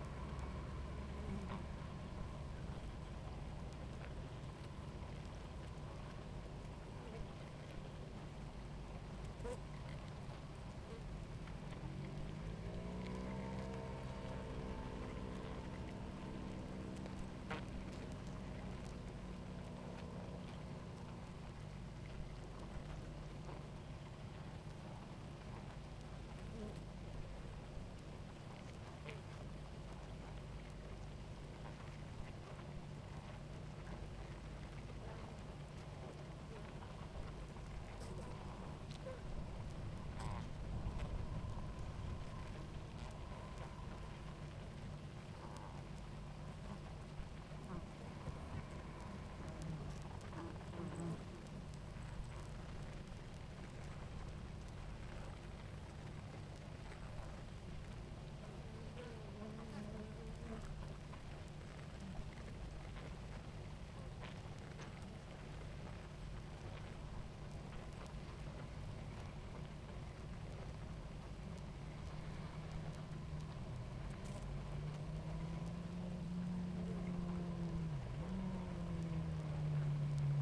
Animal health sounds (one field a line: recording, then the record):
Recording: honeybee colony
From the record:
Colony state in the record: active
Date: 28 July 2017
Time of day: 18:05